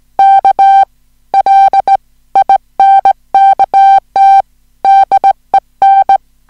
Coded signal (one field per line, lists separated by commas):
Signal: Morse code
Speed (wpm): 17 wpm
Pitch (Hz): 780 Hz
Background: music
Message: KLINKT DEN